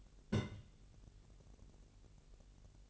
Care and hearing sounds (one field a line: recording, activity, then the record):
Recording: daily activity, microphone in the room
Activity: place on stove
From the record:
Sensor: 4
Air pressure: 1002.8 hPa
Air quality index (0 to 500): 241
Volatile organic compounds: 10 ppm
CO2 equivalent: 2262 ppm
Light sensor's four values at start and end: 7/16/6/7 and 7/16/6/7